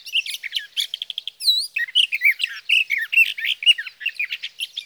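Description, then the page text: Sage thrasher giving a rapid warbling song with a quick stutter of repeated notes, a high looping whistle, then more jumbled slurred phrases. Male sage thrasher, Sierra Valley, California, June 12–15, 2018; from a set comparing his night songs, recorded by a Swift recorder near his night roost, with his day songs. "Birdsong for the Curious Naturalist: Explore #7. 61. Sage thrasher songs, through the night. from the evening of June 12 to the morning of June 15, 2018, in Sierra Valley, California"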